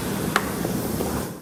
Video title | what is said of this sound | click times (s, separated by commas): Pro Mold Maker Reacts - Bronze Casting Takes A Team - Michael Joy | did you hear that click | 0.4 s